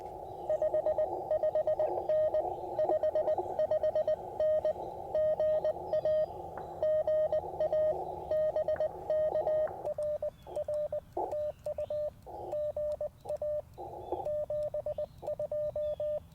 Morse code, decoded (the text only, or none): 55N 55N GA GA BK RR TU GA 72